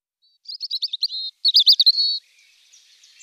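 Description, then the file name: European robin singing two brief bursts of high, tinkling, warbled notes, each lasting under a second, followed by fainter thin notes. "Jeanchr Rochechr-chr Rougegorge"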